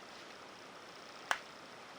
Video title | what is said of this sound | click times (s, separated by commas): CROSS SIGNATURE FOUNTAIN PEN | there we go that lovely satisfying click as you put the cap back on | 1.3 s